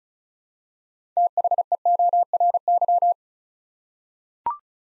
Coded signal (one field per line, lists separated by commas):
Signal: Morse code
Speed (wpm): 36 wpm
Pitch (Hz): 700 Hz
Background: none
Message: THEORY